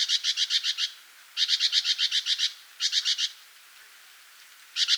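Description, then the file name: Great tit calling in bursts of rapid, harsh chattering notes, each burst about half a second to a second long, separated by pauses. "Parus major"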